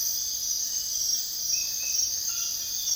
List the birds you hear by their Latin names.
none